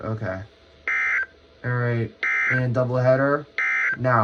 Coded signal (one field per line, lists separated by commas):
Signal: Emergency Alert System (SAME) tones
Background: speech